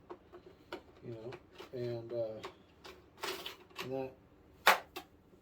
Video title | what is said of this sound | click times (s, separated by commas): E-Flite FW 190A UNBOXING | clicks in place with a very, very loud audible click. | 4.7 s